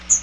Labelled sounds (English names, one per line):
Chestnut-sided Warbler flight call